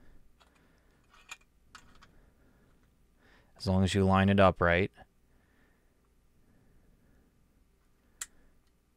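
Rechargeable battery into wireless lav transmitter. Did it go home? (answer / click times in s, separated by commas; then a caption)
yes / 8.2 s. A rechargeable battery is lined up on the slide sled of a wireless lavalier transmitter and pushed in. A few faint ticks sound early, someone talks briefly in the middle, and one sharp, loud click at 8.2 seconds marks the battery seating into place.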